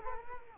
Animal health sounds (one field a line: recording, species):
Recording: mosquito wingbeat signal from an infrared sensor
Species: Culex quinquefasciatus